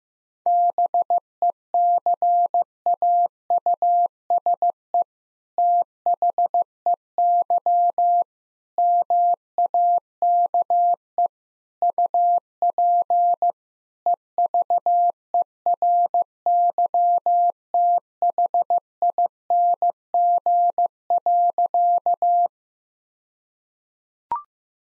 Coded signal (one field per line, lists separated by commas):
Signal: Morse code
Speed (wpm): 16 wpm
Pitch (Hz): 700 Hz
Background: none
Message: BECAUSE THEY MAKE UP EVERYTHING.